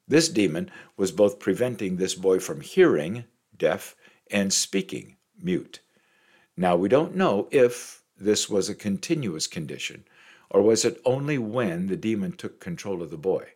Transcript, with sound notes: This demon was both preventing this boy from hearing (deaf) and speaking (mute). Now we don’t know if this was a continuous condition or was it only when the demon took control of the boy.